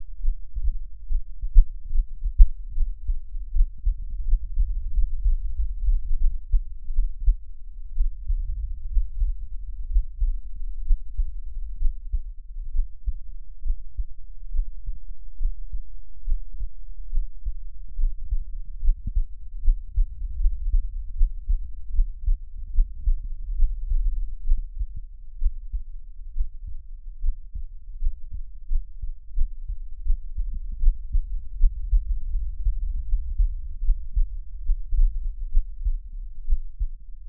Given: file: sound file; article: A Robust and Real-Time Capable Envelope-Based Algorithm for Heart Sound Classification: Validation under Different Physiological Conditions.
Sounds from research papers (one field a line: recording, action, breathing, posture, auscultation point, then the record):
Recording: heart sounds by electronic stethoscope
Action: rest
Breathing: deep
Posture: sitting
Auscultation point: Erb’s point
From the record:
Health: healthy, no known heart disease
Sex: male